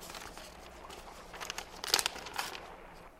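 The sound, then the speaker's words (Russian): A heavy registered mail package is torn open: crisp crinkling and rustling, with a few sharper ripping bursts toward the middle, then softer handling of the paper. Nobody speaks. “Заказной пакет. Тяжелый.”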